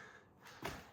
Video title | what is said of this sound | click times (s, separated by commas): ANPABO Ride On Car - Mercedes Benz G63 - How to Assemble | Once this part is installed, this one clicks right here. | 0.7 s